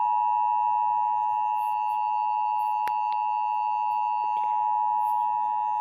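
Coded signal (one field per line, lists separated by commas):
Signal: Emergency Alert System (SAME) tones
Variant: 853 and 960 Hz attention tone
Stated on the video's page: Fictional EAS scenario with sirens.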